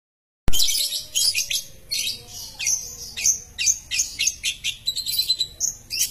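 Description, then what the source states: Long-tailed shrike song starting abruptly after a short silence, with harsh, squeaky notes mixed with clear high whistled pips repeated in quick succession. Masteran recording used to train songbirds, presenting various kinds of chirping bird song.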